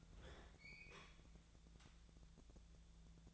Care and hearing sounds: daily activity, microphone in the room; open fridge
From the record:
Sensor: 3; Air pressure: 1000.0 hPa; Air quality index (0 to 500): 126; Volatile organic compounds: 2 ppm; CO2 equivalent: 1129 ppm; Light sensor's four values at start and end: 43/109/46/51 and 43/109/46/51

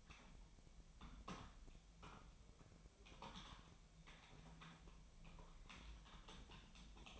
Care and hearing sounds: daily activity, microphone in the room; typing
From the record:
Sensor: 1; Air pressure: 1009.5 hPa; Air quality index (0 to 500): 195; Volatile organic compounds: 19 ppm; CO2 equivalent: 2668 ppm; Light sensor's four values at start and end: 30/76/32/38 and 30/76/32/38

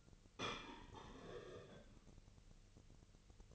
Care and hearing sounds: daily activity, microphone in the room; place plate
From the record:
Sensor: 4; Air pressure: 1008.3 hPa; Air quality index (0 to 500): 83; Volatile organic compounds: 1 ppm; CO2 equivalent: 654 ppm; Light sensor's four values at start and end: 12/28/11/11 and 12/28/11/11

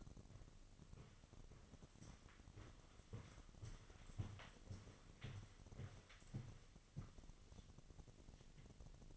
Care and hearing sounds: daily activity, microphone in the room; walk to room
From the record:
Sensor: 4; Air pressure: 1000.3 hPa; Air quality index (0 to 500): 211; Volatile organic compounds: 21 ppm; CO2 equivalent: 2725 ppm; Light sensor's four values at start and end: 9/21/8/8 and 9/20/8/7

